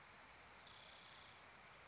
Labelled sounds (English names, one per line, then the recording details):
Western Flycatcher
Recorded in Sonoma County, California